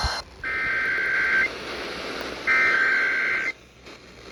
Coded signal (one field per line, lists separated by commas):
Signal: Emergency Alert System (SAME) tones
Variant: header bursts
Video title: May the 4th Be With You with some EAS Tests (EAS #1200-#1214)